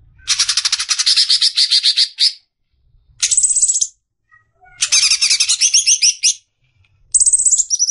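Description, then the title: Greater green leafbird delivering repeated bouts of quick, scratchy cackling notes separated by short silent gaps. Long cackling song style (ngekek panjang), used as a master song to train caged songbirds for singing contests. "mster Mnuk. MASTERAN CUCAK IJO NGEKEK PANJANG COCOK BAGI YANG MAU TARUNG KICAU"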